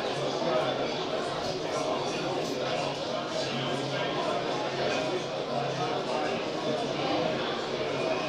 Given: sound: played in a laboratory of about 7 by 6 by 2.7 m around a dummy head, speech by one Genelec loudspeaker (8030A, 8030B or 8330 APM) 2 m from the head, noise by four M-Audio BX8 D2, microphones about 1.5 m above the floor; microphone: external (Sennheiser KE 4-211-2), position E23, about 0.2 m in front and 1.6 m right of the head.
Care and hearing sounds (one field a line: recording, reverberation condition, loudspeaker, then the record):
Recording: cafeteria noise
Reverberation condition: medium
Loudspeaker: four, about 170 cm from the corners of the room and facing them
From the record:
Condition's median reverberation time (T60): about 510 ms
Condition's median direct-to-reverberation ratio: about -0.5 dB